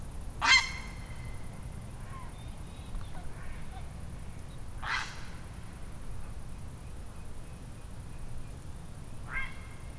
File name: Ardea cinerea